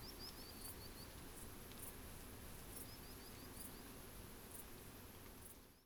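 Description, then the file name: Common sandpiper singing two short runs of fast, high, piping notes, faint against a steady background hiss. Singing at Portland on 15 August 2017 at 00:48. "Common-Sand-inc-singing-Portland-150817-00 48"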